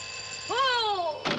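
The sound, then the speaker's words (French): A telephone rings with a steady, high electronic tone: a call from Nicolas Sarkozy to Rachida Dati. Midway, a swooping tone rises briefly and then slowly falls, and a short, noisy burst cuts in at the end. “Justement, c'est Nicolas Sarkozy qui téléphone à Rachida Dati.”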